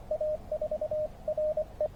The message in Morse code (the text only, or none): A4R E